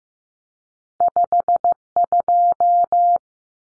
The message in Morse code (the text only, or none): 52